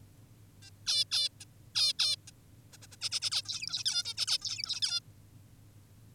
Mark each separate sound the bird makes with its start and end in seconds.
0.62-0.70, 0.87-1.05, 1.11-1.29, 1.41-1.45, 1.75-1.93, 1.99-2.16, 2.27-2.31, 2.72-2.78, 2.82-2.87, 2.92-2.96, 3.01-3.10, 3.12-3.20, 3.22-3.30, 3.32-3.42, 3.46-3.84, 3.86-4.03, 4.05-4.14, 4.17-4.26, 4.28-4.38, 4.42-4.80, 4.82-5.00